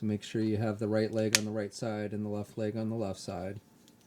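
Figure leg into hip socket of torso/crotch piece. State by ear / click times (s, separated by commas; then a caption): not seated / none. Someone talks while handling the plastic legs of a build-a-figure, lining them up to be pushed into the hip sockets of the crotch piece, right leg on the right side and left leg on the left. A few faint short ticks of handling sound near the end at about 3.9 and 4.0 to 4.1 seconds. Nothing has seated or clicked into place yet.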